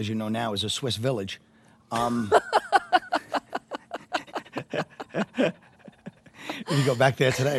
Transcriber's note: laughs